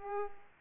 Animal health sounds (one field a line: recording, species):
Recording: mosquito wingbeat signal from an infrared sensor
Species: Aedes aegypti